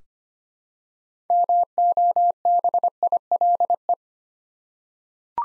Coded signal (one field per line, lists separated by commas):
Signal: Morse code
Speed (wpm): 25 wpm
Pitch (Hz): 700 Hz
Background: none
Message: MOBILE